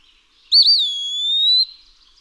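Eastern wood-pewee song phrase, high and pure: a quick double wobble, a downward slur, then a long, slowly rising whistle.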